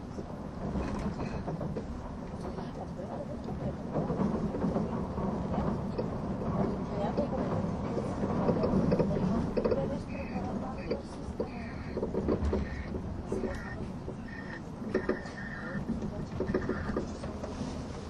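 Inside an SBB ETR610 tilting EuroCity train on the Gotthard Base Tunnel route, a steady low rumble of the running train fills the whole clip. Brief tonal whines and squeaks come and go, with faint voices underneath and slight swells in loudness.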